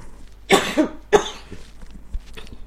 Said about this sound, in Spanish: Perdón, voy a toser.